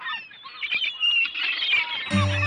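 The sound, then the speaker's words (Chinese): Seagulls call in a continuous chorus of harsh, high-pitched squawks and cries, with a steady, buzzy tone joining in over the final half second. “诶，嗰啲海鸥啱啱有一笪白啲嘢滴咗喺头度， 系啊， 嗰啲啊，中咗。”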